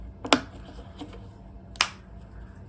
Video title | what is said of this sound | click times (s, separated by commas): Quickly and Easily replace the battery in a smart key fob | and that's just going to snap right across the top let's give it a little bit of pressure you'll hear it click all the way around | 0.3 s, 1.8 s